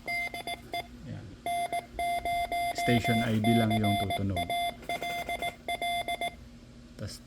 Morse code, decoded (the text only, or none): DE N0CALL